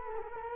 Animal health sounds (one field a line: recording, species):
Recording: mosquito wingbeat signal from an infrared sensor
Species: Culex quinquefasciatus